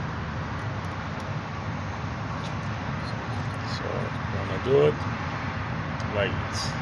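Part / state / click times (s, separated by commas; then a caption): wiring harness plug onto engine pressure sensor / not seated / none. The wiring harness electrical connector is being handled onto a replacement BPS pressure sensor, part number 2897331, on a Cummins ISX truck engine. Someone talks briefly over steady low background noise, with a short louder sound around 4.8 seconds. Nothing has seated or clicked yet.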